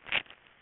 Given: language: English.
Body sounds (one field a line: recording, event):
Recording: throat vibration sensor signal played as sound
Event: swallow